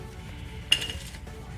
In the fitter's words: we turn it until it gets to that notch where it snaps into place and it